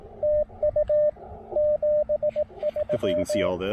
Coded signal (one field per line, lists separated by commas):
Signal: Morse code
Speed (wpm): 16 wpm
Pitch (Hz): 590 Hz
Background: speech, radio noise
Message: TU 73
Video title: Pairing the Icom IC-705 & Elecraft AX1: POTA Portable on the Pamlico Sound!